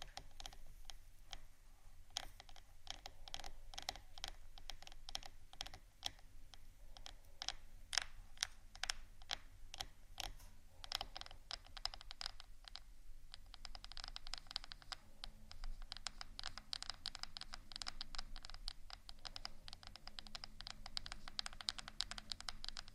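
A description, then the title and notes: Soft tapping, like fingertips on a keyboard, comes in quick irregular bursts throughout, sparse early on and growing denser and busier after about eleven seconds. The taps are crisp, with a faint low hum underneath. ASMR Soft TAPPING for Sleep 3Dio （No Talking）.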